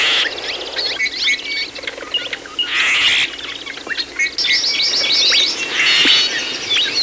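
Bird chorus of chirps and twittering trills, several singers overlapping, with louder rushes of song coming and going.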